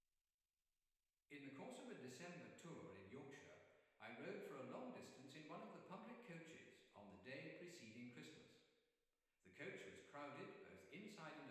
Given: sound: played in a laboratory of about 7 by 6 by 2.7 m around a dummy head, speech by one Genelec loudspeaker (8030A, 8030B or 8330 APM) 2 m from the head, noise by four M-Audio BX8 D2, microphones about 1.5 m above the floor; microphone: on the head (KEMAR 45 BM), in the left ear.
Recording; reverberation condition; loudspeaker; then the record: male speech in English; high; 150 degrees to the left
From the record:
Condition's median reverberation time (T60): about 1300 ms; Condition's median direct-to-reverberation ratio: about -4.0 dB